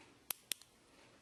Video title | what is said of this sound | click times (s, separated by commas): Installing Banjo Capo Railroad Spikes Part 1 | Hear them click in place. | 0.3 s, 0.5 s